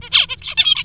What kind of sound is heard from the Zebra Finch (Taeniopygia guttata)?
song